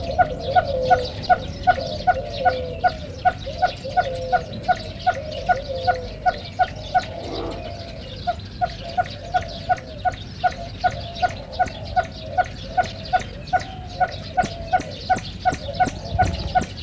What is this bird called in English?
Swinhoe's Pheasant